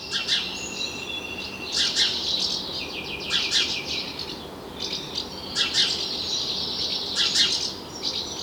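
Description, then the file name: House sparrow chirping: several busy bursts of high chirps and twitters over a constant hissing background. "Passer domesticus"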